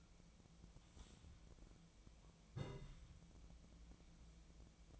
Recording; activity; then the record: daily activity, microphone in the room; take from stove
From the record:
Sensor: 1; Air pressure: 1010.0 hPa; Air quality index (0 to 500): 188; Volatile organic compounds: 17 ppm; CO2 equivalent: 2576 ppm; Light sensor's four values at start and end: 38/97/40/49 and 37/95/40/49